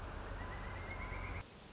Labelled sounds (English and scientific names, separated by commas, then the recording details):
Pileated Woodpecker (Dryocopus pileatus)
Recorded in Sonoma County, California